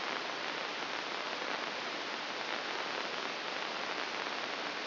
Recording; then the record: brain microelectrode recording played as sound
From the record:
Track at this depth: inside the subthalamic nucleus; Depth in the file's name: 2.205 mm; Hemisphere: right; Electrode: 2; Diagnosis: Parkinson's disease